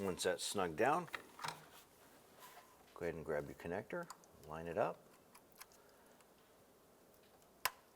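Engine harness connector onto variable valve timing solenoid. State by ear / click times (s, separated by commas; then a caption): seated / 7.7 s. Someone talks while lining up the plastic engine harness wiring connector with the new variable valve timing solenoid on a 2011-2019 Ford Fiesta, followed by a few faint handling taps. At 7.7 s a single sharp click rings out as the connector is pressed on and seats onto the solenoid.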